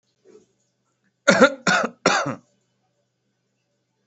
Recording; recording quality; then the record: shallow voluntary cough; excellent, no background noise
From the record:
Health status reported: healthy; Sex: male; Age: 33 years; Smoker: yes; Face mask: not worn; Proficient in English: yes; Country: India